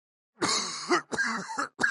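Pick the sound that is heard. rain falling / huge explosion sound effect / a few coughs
a few coughs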